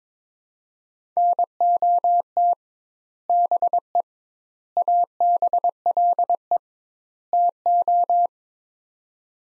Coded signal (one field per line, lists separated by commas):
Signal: Morse code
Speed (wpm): 22 wpm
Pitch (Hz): 700 Hz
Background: none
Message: NOT BE ABLE TO